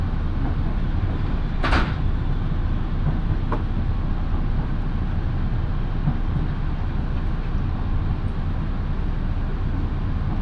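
A local train on the Minobu Line rumbles steadily with a deep, dense drone, broken by a bright metallic clank near two seconds and softer taps later.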